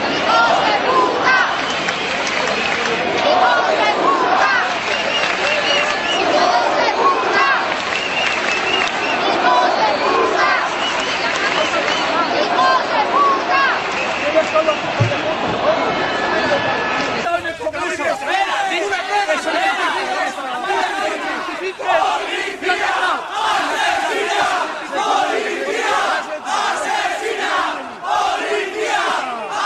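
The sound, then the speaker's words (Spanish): A large protest crowd of thousands of people surrounding the Congress of Deputies in Madrid roars and chants, a dense wall of overlapping voices and shouting that stays loud throughout, with a sharper, brighter burst of yelling in the second half. “En Madrid, donde miles de personas están rodeando el Congreso de los Diputados.”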